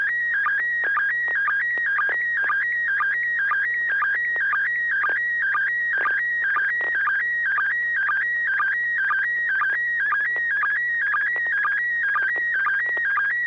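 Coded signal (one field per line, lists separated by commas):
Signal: SSTV (slow-scan television)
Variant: PD120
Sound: warbling steady tone with rhythmic short low blips about twice a second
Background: low hum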